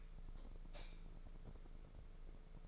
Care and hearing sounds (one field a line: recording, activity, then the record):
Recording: daily activity, microphone in the room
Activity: light off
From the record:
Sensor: 5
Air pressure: 1014.8 hPa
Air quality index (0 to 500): 168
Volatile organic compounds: 6 ppm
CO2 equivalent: 1853 ppm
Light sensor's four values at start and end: 118/283/121/134 and 117/277/119/131